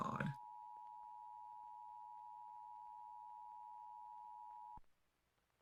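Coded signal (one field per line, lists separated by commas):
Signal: Emergency Alert System (SAME) tones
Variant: 853 and 960 Hz attention tone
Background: speech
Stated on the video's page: Creepy EAS scenario; fictional alert.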